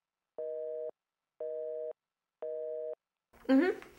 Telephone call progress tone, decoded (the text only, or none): busy tone